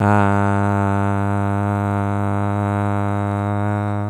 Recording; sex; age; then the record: sustained vowel /a/; male; 20 to 29 years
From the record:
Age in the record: 28 years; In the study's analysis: included